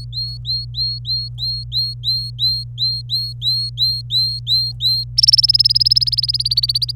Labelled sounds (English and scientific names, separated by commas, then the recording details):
Domestic Canary (Serinus canaria) song
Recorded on 26 April 2018 at 08:25
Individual llb3